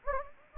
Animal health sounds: mosquito wingbeat signal from an infrared sensor; Anopheles gambiae

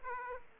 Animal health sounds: mosquito wingbeat signal from an infrared sensor; Aedes aegypti

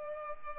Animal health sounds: mosquito wingbeat signal from an infrared sensor; Culex pipiens

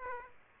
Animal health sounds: mosquito wingbeat signal from an infrared sensor; Aedes aegypti

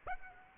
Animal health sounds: mosquito wingbeat signal from an infrared sensor; Aedes aegypti

